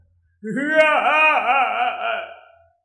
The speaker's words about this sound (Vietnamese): Tiếng khóc lớn như sấm, như sóng biển vỗ bờ đá, đình tai nhức óc. Trong đêm khuya truyền đi đặc biệt xa, khắp thiên địa như rung chuyển.